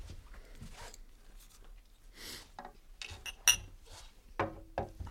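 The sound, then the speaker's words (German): Wine glasses are fetched for a local wine, gathered with scattered rustles and soft knocks, then one sharp, bright clink rings out briefly, followed by a few more light taps of glass being set down. “Na, warten Sie, ich hole mal Gläser.”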